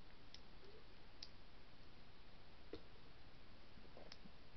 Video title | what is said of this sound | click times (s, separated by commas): Build the Back to the Future Delorean Issue #4 Part 1 | There we go. Okay, it's clicked into place right there. | 1.2 s